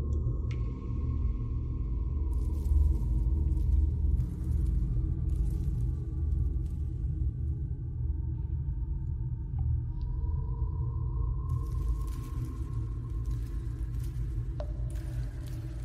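An alien hive ambience with a heavy, constant low rumble and a steady hum. A thin droning tone slides upward near the middle. Bursts of crackly, insect-like hiss come and go above it, with quiet gaps between, and sharp chirps sound near the start and near the end.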